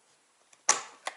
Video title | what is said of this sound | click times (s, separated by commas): How to Repair Rebuild or Fix Ski-Doo Recoil Starter Spring - Recoil Rope Replacement | we can push our snap ring on push it all until it clicks then | 0.7 s